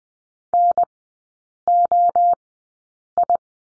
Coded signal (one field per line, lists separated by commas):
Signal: Morse code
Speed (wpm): 19 wpm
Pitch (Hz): 700 Hz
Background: none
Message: NOI